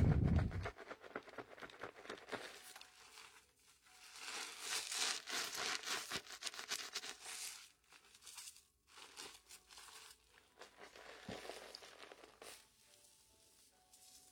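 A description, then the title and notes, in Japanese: Foam and water crackle and fizz in dense, bright bursts, strongest around four to seven seconds, then thinning into sparse crinkling pops. 在鹿姐姐的洗发店！泡沫、水の音。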